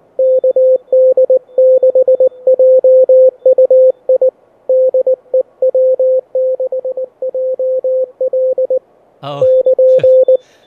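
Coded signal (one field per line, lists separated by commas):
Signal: Morse code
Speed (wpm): 19 wpm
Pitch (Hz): 520 Hz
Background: radio noise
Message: KD6JUI DE W6JL <KN>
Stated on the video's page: Heard on a Manhattan-built VRX-1 direct conversion receiver fitted with an added RF stage and an active peaked lowpass filter.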